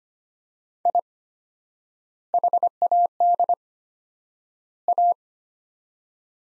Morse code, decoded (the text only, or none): I HAD A